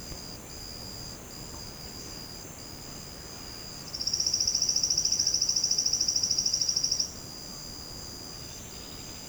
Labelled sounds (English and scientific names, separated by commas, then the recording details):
none
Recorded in secondary vegetation near Puerto Asís, Putumayo, Colombia, on 24 March 2025 at 08:30
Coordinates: 0.488, -76.319
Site G095